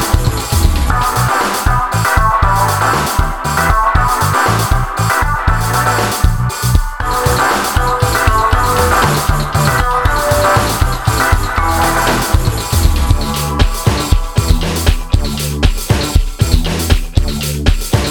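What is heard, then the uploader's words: A beer bar filled with loud, steady music: a regular thumping beat and deep bass pulses run throughout, with a dense layer of tones above. The sound stays full and level for the whole stretch, with brief dips between beats. Beer Bar.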